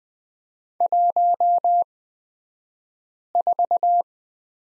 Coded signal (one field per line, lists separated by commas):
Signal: Morse code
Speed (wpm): 20 wpm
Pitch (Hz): 700 Hz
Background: none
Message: 14